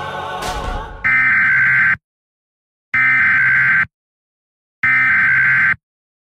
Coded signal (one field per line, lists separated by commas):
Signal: Emergency Alert System (SAME) tones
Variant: header bursts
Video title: What If Disney+ Had An Emergency Alert System?